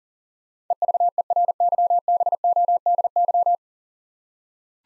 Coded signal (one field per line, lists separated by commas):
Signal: Morse code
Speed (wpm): 37 wpm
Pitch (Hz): 700 Hz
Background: none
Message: EVERYBODY